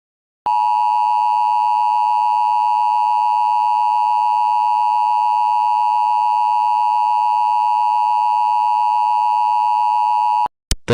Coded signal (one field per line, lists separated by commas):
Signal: Emergency Alert System (SAME) tones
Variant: 853 and 960 Hz attention tone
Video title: EAS Scenario 5: Karen's Brainrot Infefction